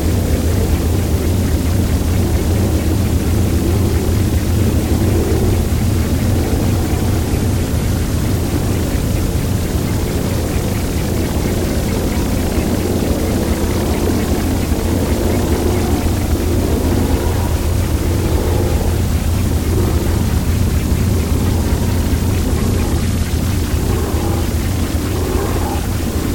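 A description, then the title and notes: A Warsaw city soundscape dominated by a thick, unbroken low rumble like engine drone or passing traffic. The roar holds steady and dense for the whole stretch, with faint murmurs shifting in the middle range and no sharp individual events standing out. European Cities: Warsaw - Poland.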